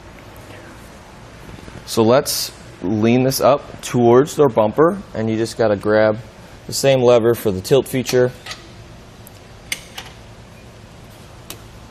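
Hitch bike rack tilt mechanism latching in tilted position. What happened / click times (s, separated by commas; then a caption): The rack is being handled and tilted; no clear latch seating / none. Someone talks while pulling the tilt lever on a hitch-mounted metal Swagman Current bike rack for two electric bikes, which has metal wheel cradles, and leaning it toward the bumper of a 2019 Jeep Cherokee. After the talking, a few sharp knocks are heard at about 9.3, 9.7, 10.0 and 11.5 seconds. The tilt latch has not yet snapped into place.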